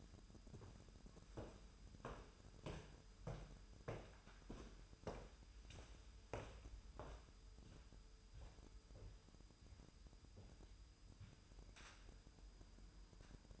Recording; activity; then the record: daily activity, microphone in the room; walk to room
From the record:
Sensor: 2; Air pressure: 988.1 hPa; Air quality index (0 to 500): 182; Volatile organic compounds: 138 ppm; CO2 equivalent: 3966 ppm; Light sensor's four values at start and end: 21/70/27/26 and 21/71/28/26